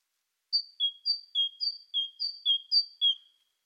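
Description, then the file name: Great tit giving a clear two-note phrase, a high whistled note dropping to a lower one, repeated about five times in quick succession, with a quiet background. "Parus major"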